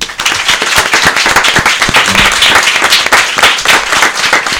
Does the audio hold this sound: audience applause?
yes